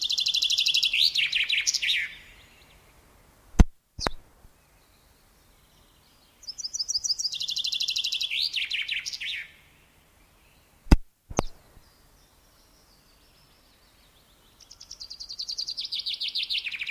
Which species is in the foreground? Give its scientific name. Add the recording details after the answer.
Fringilla coelebs. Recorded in the wild. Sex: male. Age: adult. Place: Erlangen, Bayern, DE. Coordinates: 49.6086, 10.9697. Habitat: forest. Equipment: Stellavox SM 5, Original, Vollspur. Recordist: Tretzel, Erwin. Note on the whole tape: Erlangen, Mönau, Waldgebiet (Biotop der Misteldrossel). Gesang. Ungenaue Datumsangabe: 1962